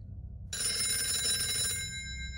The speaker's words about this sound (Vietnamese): Khoảng 12 giờ đêm, tiếng chuông điện thoại đổ dồn